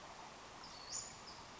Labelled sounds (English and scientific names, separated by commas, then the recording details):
Western Flycatcher (Empidonax difficilis)
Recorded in Sonoma County, California